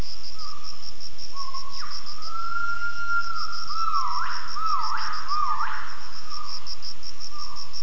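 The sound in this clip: Gibbon calls: whistled notes that glide and swoop upward in a series of rising sweeps, with a steady pulsing insect chorus high above.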